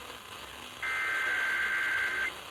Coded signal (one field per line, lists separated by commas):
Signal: Emergency Alert System (SAME) tones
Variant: header bursts